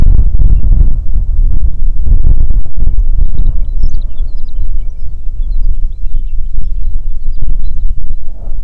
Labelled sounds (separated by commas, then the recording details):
songbird, wind
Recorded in the Prudhoe Bay oil fields, Alaska, on 6 June 2019 at 04:13
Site 16